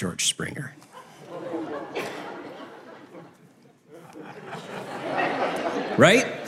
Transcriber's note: Audience Laughing